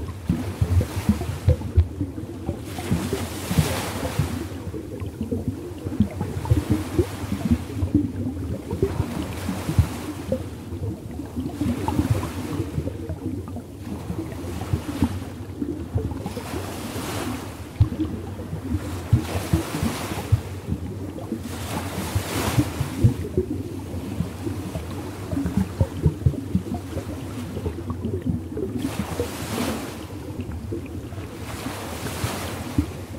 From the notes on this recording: natural soothing underwater sounds